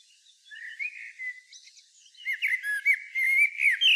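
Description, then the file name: Common blackbird singing, a soft mellow warble that grows louder, then richer fluty notes mixed with thin high twittering. "Turdus merula"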